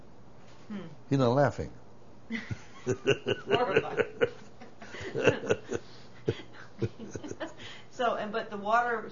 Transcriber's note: they laugh